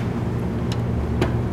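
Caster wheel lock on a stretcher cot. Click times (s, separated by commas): 0.7 s, 1.2 s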